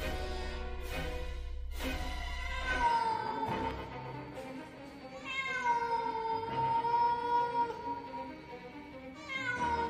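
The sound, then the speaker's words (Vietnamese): A black cat meows repeatedly in long, drawn-out, wavering cries, with a low steady hum underneath at the start. The yowls rise and fall in pitch and carry no speech. “Đang trong lúc tuyệt vọng thì tôi bất giác lại nghe tiếng mèo kêu.”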